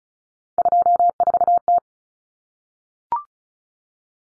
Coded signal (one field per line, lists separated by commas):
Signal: Morse code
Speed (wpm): 34 wpm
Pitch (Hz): 700 Hz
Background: none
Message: 24T